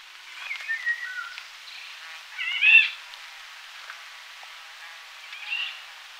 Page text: Eurasian Golden Oriole Song. Quick Sounds